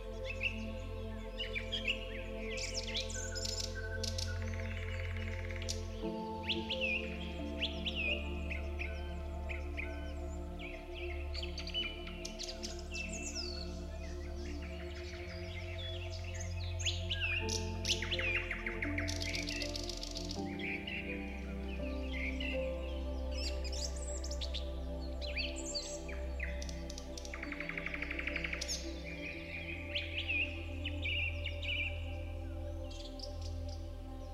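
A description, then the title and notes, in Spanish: Birds chirp and warble over soft, sustained background music. Bright, quick calls come in frequent clusters throughout, while low held tones and steady mid chords shift at about 6, 20 and 26 seconds. The loudness stays even from start to end. CANTO de los PÁJAROS y MÚSICA Suave. Con música suave y relajante de fondo. Canto melodioso de los pájaros en un ambiente natural de bosque.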